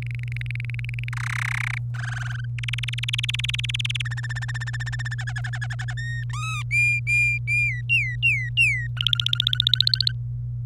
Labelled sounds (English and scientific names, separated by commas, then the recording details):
Domestic Canary (Serinus canaria) song
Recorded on 27 April 2018 at 10:27
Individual llb3